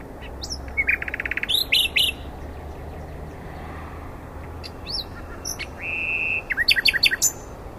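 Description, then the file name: Common nightingale song: a buzzy trill and varied sharp notes, a quiet stretch, then a drawn-out whistle followed by quick repeated chirps. "Luscinia megarhynchos"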